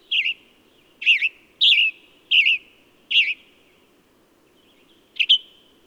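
Bird giving six short, warbling chirps, five packed closely at the start and one after a gap, with a thin continuous tone and low background hum beneath.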